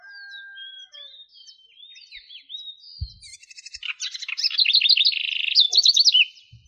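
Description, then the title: Bird song starting with thin, falling and rising whistled notes, then a loud, fast, rolling trill and a closing high whistle; a brief low thump. "LuckyPassaros CompletosSama"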